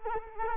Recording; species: mosquito wingbeat signal from an infrared sensor; Culex quinquefasciatus